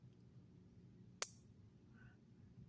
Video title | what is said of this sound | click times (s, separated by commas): Spyderco HoneyBee review. | you do encounter some resistance until it snaps shut. | 1.2 s